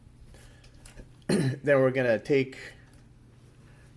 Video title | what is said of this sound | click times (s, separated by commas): Earthrise SKY LYNX Commander Class Transformers War For Cybertron Review | Pull that one out until it snaps in. | 0.9 s